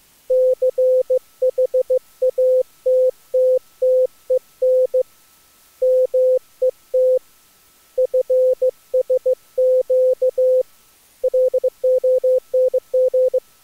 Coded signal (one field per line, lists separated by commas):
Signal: Morse code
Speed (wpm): 23 wpm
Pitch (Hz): 510 Hz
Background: none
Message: CHATTTEN MET FSQ LONG